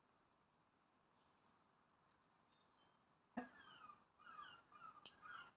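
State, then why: Seated. A quick-release spring bar on a silicone watch band is fitted to a Gard Pro Smart Health Watch 2 Plus: one end goes into the lug hole and the other end is moved into place against the case lug. After quiet, a knock at 3.4 s is followed by soft rubbing and squeaky handling. A sharp, bright click at 5.1 s marks the pin snapping into the lug, and the band is seated.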